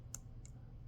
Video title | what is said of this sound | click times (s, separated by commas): Blackview bl 8800 charge port replacement | You just There we go. You hear that click? | 0.1 s